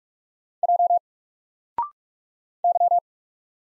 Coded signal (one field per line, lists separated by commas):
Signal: Morse code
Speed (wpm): 44 wpm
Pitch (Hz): 700 Hz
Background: none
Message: J Y